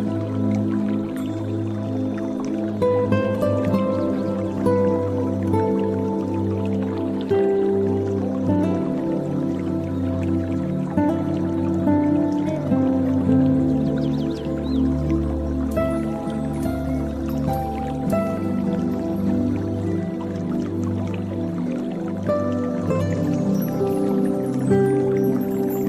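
Calm zen music with water sounds plays at an even level, built on sustained low drones and slow, held melodic notes. Soft dripping and trickling textures run underneath, with brighter little splashes or chimes around sixteen and twenty-two seconds.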